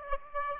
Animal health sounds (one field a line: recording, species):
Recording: mosquito wingbeat signal from an infrared sensor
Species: Aedes aegypti